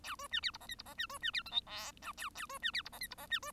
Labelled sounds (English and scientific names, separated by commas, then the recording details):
Bengalese Finch (Lonchura striata domestica) song
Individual Bird1